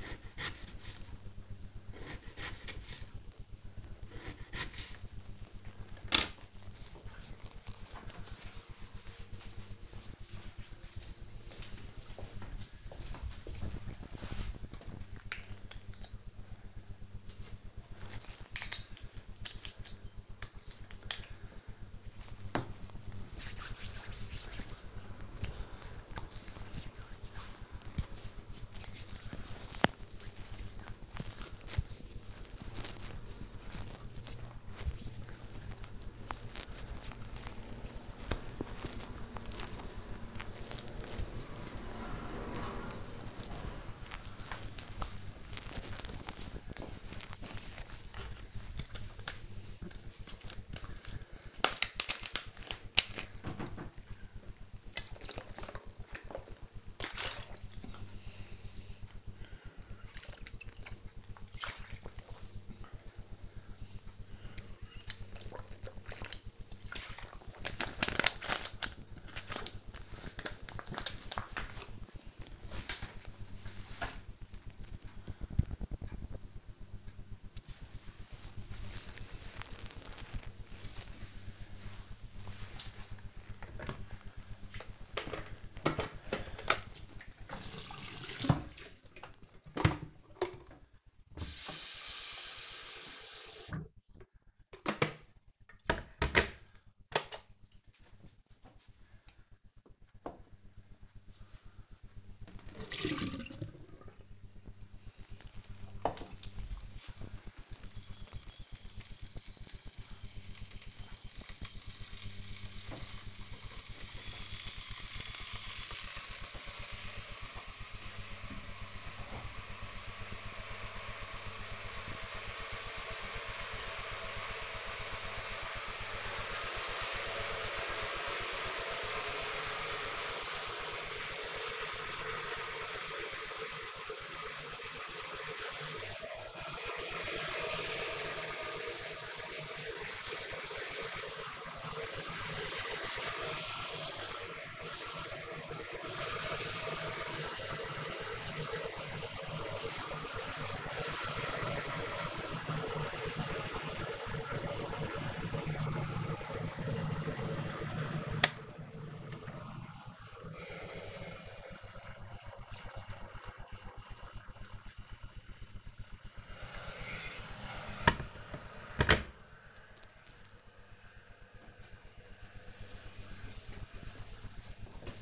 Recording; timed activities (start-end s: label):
household activities, microphone on the right wrist
0.00-5.60 s: cutting vegetables
13.65-40.86 s: cream hands
49.90-67.99 s: drinking
116.27-169.59 s: making tea